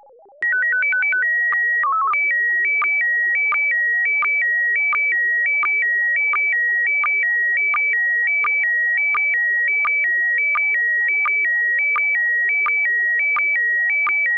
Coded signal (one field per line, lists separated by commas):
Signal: SSTV (slow-scan television)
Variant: PD 90